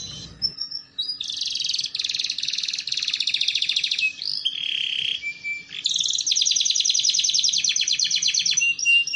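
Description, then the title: Canary song in long rapid rolling trills and buzzy rattles, high-pitched, switching between tones with brief whistled notes in between. Belgian canary; song played to warm up and train canaries, used as master song for young canaries learning sounds. "Canto Para Esquentar Canário Belga. Terapi Pancingan Suara Kenari Gacor || Masteran Kenari Paud Belajar Bunyi"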